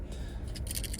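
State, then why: Seated. The metal emergency key blade of a 2023 Nissan Rogue remote is slid back into the plastic key fob housing. A series of small clicks is heard, ending in a sharp click at 0.9 s as the blade latches and locks into place.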